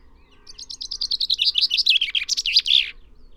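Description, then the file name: Common chaffinch song: a single rapid phrase of repeated notes that steps downward and speeds up, closing with a short buzzy flourish. "Fringilla coelebs"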